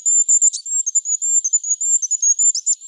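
Goldcrest: very high, thin notes strung together in a rapid, nearly unbroken series.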